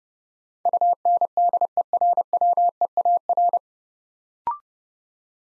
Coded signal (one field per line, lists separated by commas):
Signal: Morse code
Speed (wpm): 28 wpm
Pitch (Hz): 700 Hz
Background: none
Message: UNDERWEAR